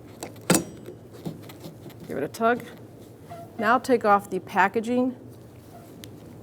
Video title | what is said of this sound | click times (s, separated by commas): How to Replace Wiper Blades 1997-2006 Jeep Wrangler | bring it right over and you'll push till it clicks | 0.5 s